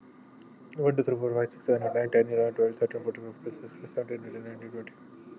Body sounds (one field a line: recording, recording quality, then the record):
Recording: counting at a fast pace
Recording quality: excellent, no background noise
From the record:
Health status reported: exposed to COVID-19, no respiratory illness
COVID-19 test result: not tested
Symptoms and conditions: none ticked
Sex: male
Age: 31 years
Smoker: not ticked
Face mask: not worn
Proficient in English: yes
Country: India